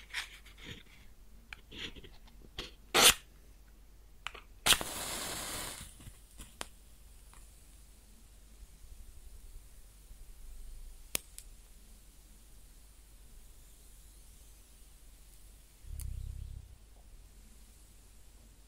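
A lit match crackles and sizzles with sharp, scattered clicks and pops, including a bright flare-up strike around three seconds and a hissing burst near five seconds. Quieter crackling and faint hiss continue after, broken by a low thump near sixteen seconds.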